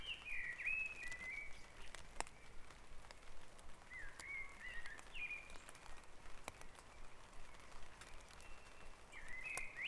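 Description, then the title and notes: Bird song: varied whistled and warbled phrases recurring every few seconds, with scattered faint clicks and a low background rumble. Dawn chorus at Back Dragon Avenue, Harrogate. "Dawn Chorus // Back Dragon Avenue, Harrogate. Sound Map Of Harrogate"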